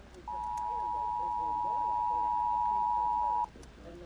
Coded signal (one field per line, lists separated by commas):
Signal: Emergency Alert System (SAME) tones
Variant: 853 and 960 Hz attention tone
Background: speech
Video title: SAN JOAQUIN VALLEY TESTS! Online Stream EAS: Required Monthly Test (EAS #257)